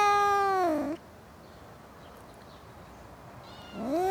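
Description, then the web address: Domestic cat wail ending in a downward slide, followed by a quiet pause before another rising yowl begins. In a suburban garden. "BBC Sound Effects Library BBC - Cats Cats In A Suburban Garden"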